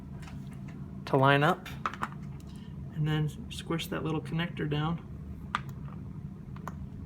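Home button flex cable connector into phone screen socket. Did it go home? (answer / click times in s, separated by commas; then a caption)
yes / 5.6 s. Someone talks while the small home-button flex cable connector from the old button is lined up and pressed down onto its board socket on a new iPhone 6 screen assembly, with faint ticks and taps around it. A sharp click at 5.6 seconds marks the connector seating, followed by a few quieter ticks.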